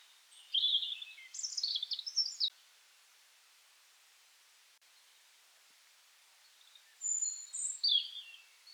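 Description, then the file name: European robin song, two high, thin warbled phrases separated by several seconds of quiet. "Erithacus rubecula"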